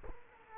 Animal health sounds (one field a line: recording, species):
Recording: mosquito wingbeat signal from an infrared sensor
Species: Culex quinquefasciatus